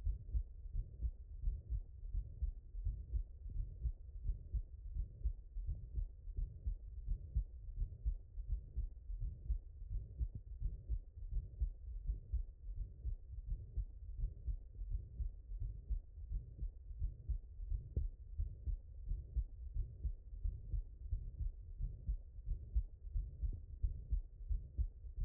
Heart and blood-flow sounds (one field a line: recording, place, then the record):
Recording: heart sounds by stethoscope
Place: mitral valve (MV)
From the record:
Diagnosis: HFrEF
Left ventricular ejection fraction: 25%